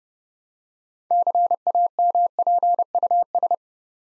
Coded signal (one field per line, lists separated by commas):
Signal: Morse code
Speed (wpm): 29 wpm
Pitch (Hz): 700 Hz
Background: none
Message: CAMPUS